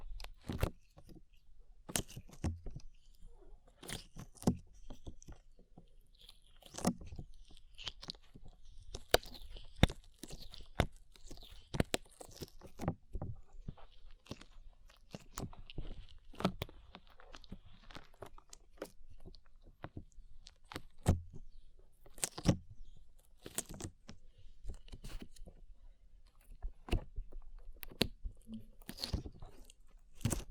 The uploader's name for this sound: ASMR SLIME